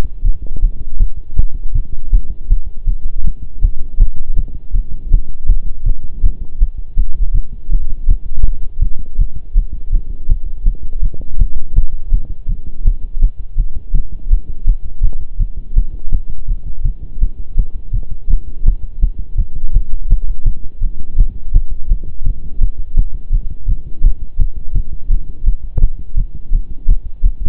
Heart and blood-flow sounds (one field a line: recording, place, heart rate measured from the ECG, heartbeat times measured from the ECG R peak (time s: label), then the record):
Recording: heart sounds by stethoscope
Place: between the tricuspid and mitral areas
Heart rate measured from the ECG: 164 bpm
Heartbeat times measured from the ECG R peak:
0.24 s: heartbeat
0.62 s: heartbeat
1.00 s: heartbeat
1.37 s: heartbeat
1.75 s: heartbeat
2.13 s: heartbeat
2.50 s: heartbeat
2.87 s: heartbeat
3.24 s: heartbeat
3.62 s: heartbeat
4.00 s: heartbeat
4.36 s: heartbeat
4.74 s: heartbeat
5.12 s: heartbeat
5.49 s: heartbeat
5.86 s: heartbeat
6.24 s: heartbeat
6.60 s: heartbeat
6.97 s: heartbeat
7.34 s: heartbeat
7.71 s: heartbeat
8.08 s: heartbeat
8.45 s: heartbeat
8.82 s: heartbeat
9.19 s: heartbeat
9.56 s: heartbeat
9.92 s: heartbeat
10.29 s: heartbeat
10.66 s: heartbeat
11.02 s: heartbeat
11.39 s: heartbeat
11.76 s: heartbeat
12.12 s: heartbeat
12.48 s: heartbeat
12.85 s: heartbeat
13.22 s: heartbeat
13.58 s: heartbeat
13.94 s: heartbeat
14.31 s: heartbeat
14.67 s: heartbeat
15.03 s: heartbeat
15.39 s: heartbeat
15.76 s: heartbeat
16.12 s: heartbeat
16.48 s: heartbeat
16.85 s: heartbeat
17.21 s: heartbeat
17.58 s: heartbeat
17.93 s: heartbeat
18.30 s: heartbeat
18.66 s: heartbeat
19.02 s: heartbeat
19.38 s: heartbeat
19.74 s: heartbeat
20.10 s: heartbeat
20.46 s: heartbeat
20.82 s: heartbeat
21.18 s: heartbeat
21.54 s: heartbeat
21.89 s: heartbeat
22.25 s: heartbeat
22.61 s: heartbeat
22.97 s: heartbeat
23.32 s: heartbeat
23.68 s: heartbeat
24.04 s: heartbeat
24.39 s: heartbeat
24.75 s: heartbeat
25.11 s: heartbeat
25.46 s: heartbeat
25.82 s: heartbeat
26.17 s: heartbeat
26.53 s: heartbeat
26.89 s: heartbeat
27.24 s: heartbeat
From the record:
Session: pedaling a stationary bicycle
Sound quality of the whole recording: partially saturated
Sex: male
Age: 23 years